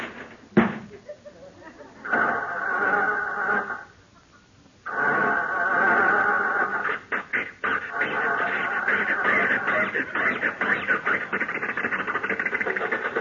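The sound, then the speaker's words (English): A car door thuds as Rochester gets into Jack Benny's car, returned by thieves and parked in front of the house, then the engine cranks and catches, cuts out briefly, and starts again, running loud and rough with sputtering, uneven bursts throughout. “Jump in, Rochester, see if it'll start.”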